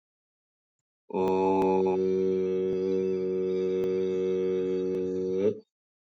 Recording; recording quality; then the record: sustained vowel as in boot; excellent, no background noise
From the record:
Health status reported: COVID-19 positive, mild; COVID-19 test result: positive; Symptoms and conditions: cough, cold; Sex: male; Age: 26 years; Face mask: not worn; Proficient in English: yes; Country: India